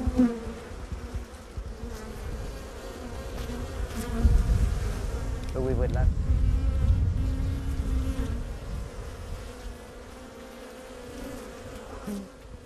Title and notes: Bees protecting trees. South Africa's Kruger National Park